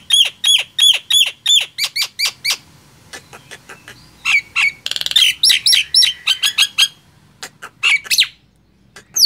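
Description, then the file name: Nias hill myna giving evenly spaced ringing whistles, then a jumble of buzzy and slurred notes, followed by sparse sharp calls. "suara jalak nias"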